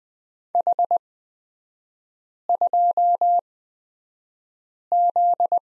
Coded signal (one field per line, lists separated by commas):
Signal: Morse code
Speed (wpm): 20 wpm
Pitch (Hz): 700 Hz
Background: none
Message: H2Z